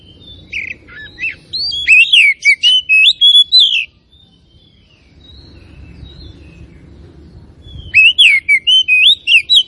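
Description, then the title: Oriental magpie-robin giving fast, looping whistled phrases in two bursts separated by about four seconds of low background noise. Tretes; described as gacor, in full, persistent song. "Kacer Tretes"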